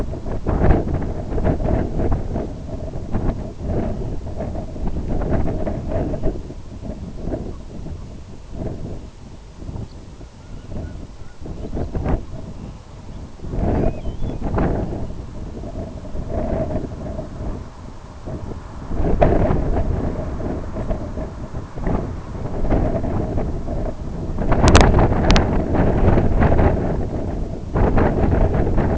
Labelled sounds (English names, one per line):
Dunlin
unidentified sound
Grey Plover